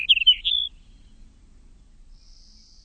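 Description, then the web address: Sagebrush sparrow song, a short burst of high, slightly buzzy notes lasting under a second, then quiet with a faint high tone. "birdweb SAGS"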